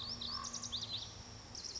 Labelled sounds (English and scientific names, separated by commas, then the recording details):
Lazuli Bunting (Passerina amoena)
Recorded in Sonoma County, California